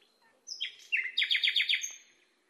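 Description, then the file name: Nightingale song: a whistled note, then a rapid run of about six downward-slurred notes. Training recording (masteran) used to teach singing to caged birds. "suara masteran nightingale"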